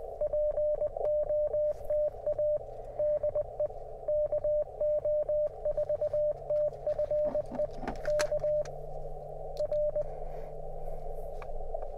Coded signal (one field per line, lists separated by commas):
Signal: Morse code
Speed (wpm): 19 wpm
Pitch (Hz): 600 Hz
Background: radio noise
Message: POTA DE KO4TFE K R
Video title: QMX LIVES TO POTA ON! #cw #hamradio #parksontheair